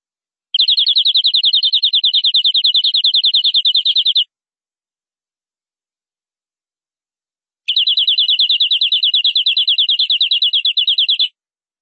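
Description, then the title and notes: Canary singing two long, even trills of rapid high notes, each about three and a half seconds, separated by a quiet pause. "BM Suara Burung Kenari"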